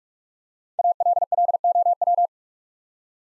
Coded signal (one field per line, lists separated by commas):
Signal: Morse code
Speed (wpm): 44 wpm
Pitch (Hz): 700 Hz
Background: none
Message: ALLOW